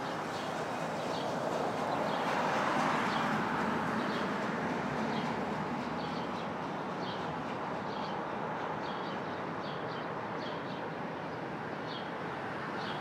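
A Brooklyn dawn: a dense, steady rumble of traffic fills the whole clip, swelling slightly in the first few seconds before settling. Over it, birds chirp in short, bright bursts every second or so, quick repeated notes that keep going to the end.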